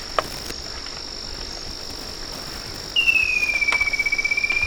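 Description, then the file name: Bird trill entering midway, a fast pulsing whistle that falls a little then levels, continuing to the end over a steady high background drone. "SABIOD 50 bird 2015"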